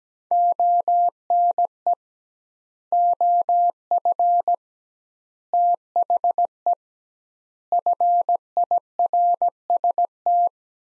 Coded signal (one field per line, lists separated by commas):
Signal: Morse code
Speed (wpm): 17 wpm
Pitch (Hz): 700 Hz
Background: none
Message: ONE OF THE FIRST